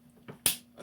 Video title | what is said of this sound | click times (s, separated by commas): muzzle brake & lower FCG removal | you can either stop on two clicks or you could go to a third | 0.5 s